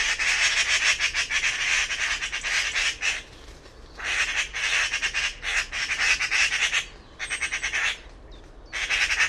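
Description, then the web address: Bird uttering a loud, scratchy rattle of fast repeated notes in several long bursts separated by brief gaps, with a faint thin note between them. "cianscape birddata Deverinetal"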